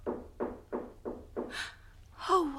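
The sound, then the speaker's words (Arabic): Five steady, evenly spaced knocks on a door, each a dull, mid-pitched thud, followed by a brief breathy vocal sound at the end. “وغلبه هواه وأعماه، فأسرع إليها خطاه وطرق عليها الباب وهو بادي للتراب.”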